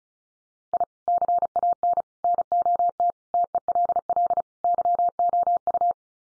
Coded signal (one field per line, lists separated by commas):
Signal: Morse code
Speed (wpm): 34 wpm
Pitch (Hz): 700 Hz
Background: none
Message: I CAN NOT TELL YOU